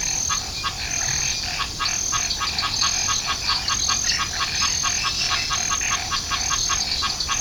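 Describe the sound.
Banana frog giving a rapid series of short, sharp clicks.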